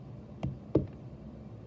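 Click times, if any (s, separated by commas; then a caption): 0.8 s. The inlet hose quick-connect coupling of a Haier mini automatic portable washer is lined up on a faucet adapter, its white collar pulled down, and the coupling worked up onto the adapter. A lighter tap sounds at 0.4 s, then a sharper, louder snap at 0.8 s as the coupling snaps on. The coupling is seated.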